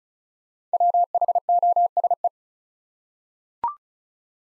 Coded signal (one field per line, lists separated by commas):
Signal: Morse code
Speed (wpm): 36 wpm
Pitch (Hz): 700 Hz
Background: none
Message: WHOSE